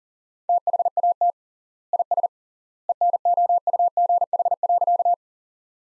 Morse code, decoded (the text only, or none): THAT IS ENOUGH.